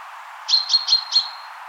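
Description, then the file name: Common chaffinch calling: four quick high clipped notes with thin tonal tails in a rhythmic series, over faint background hiss. "Fringilla coelebs"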